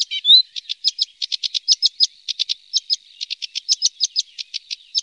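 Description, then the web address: Sedge warbler song: a fast, continuous chatter of short, high, dry notes and trills, with one brief rising whistled note near the start and no other sounds. "Faglar Sound Savsangare"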